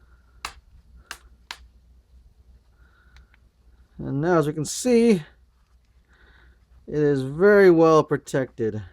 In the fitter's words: kind of snaps into place like so